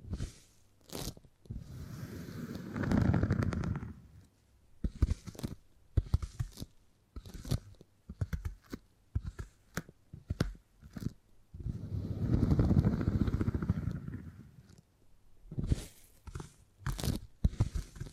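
Beeswax being handled, with sharp crackling snaps and sticky taps scattered throughout. Two longer, rumbling kneading or rubbing stretches build and fade around three and twelve seconds. Between them come quick bursts of crisp clicks and pops, irregular and separated by short silences.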